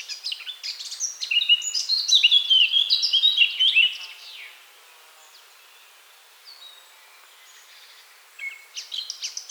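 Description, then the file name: Eurasian blackcap warbling song, a hurried jumble of bright chattering notes for about four seconds, followed by quiet, then another burst of song starting. "Sylvia atricapilla"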